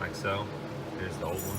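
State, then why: Not seated. A metal anti-rattle clip is being handled at the front brake caliper bracket of a GMC Yukon (2007–2008 Tahoe/Escalade type) while the brake pads are being replaced. Someone talks over faint handling noise. Nothing has seated or clicked yet.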